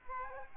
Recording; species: mosquito wingbeat signal from an infrared sensor; Aedes aegypti